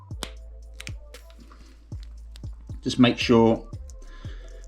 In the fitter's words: give them a squeeze and they should hear it click